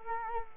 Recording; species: mosquito wingbeat signal from an infrared sensor; Culex quinquefasciatus